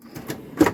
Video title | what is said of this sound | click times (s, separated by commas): 2015-Rapido 676FF Instructional Video | locks in place so make sure that that's pressed in place before you then set off on your own driving | 0.6 s